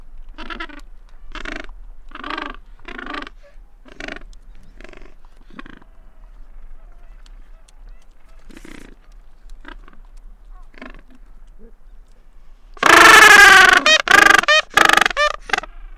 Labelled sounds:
Gentoo Penguin call

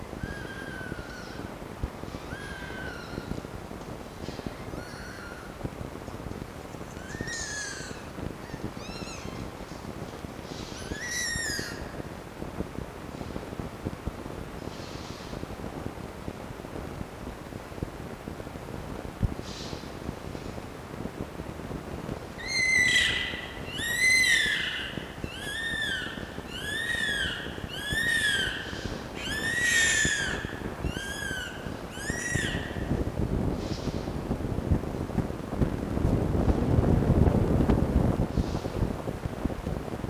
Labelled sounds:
Red Fox

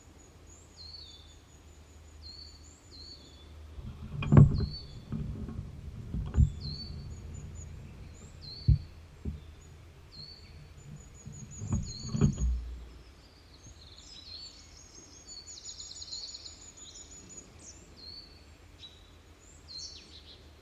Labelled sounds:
Common Firecrest call

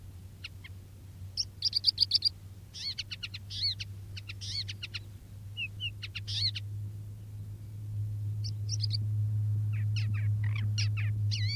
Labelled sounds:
Crested Lark song

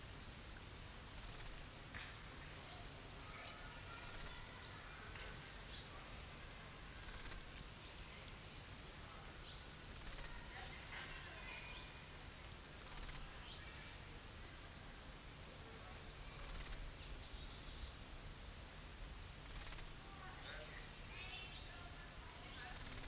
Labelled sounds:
Small Gold Grasshopper stridulation

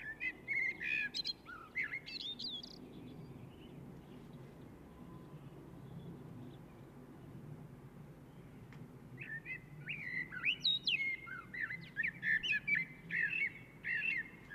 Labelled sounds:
Common Blackbird song

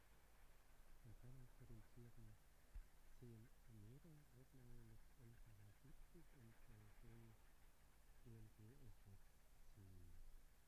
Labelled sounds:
Arctic Fox

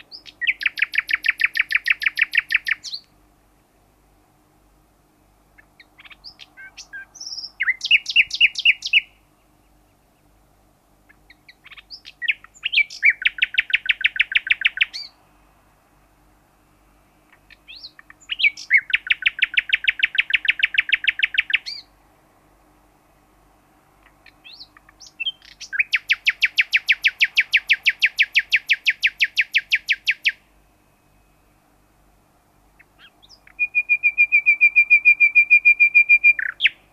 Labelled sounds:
Common Nightingale social call

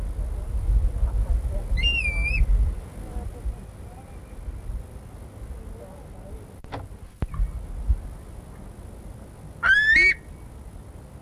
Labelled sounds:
Grey Plover call

